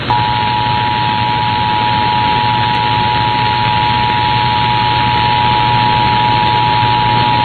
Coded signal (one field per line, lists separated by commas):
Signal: Emergency Alert System (SAME) tones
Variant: 853 and 960 Hz attention tone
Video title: Pruebas EAS durante el cinco de mayo... EAS Tests From May 5th, 2021 (EAS #1123-1128)